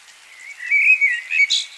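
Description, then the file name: Common blackbird giving a brief high, wavering thin call ending in a sharp chirp. "Turdus merula"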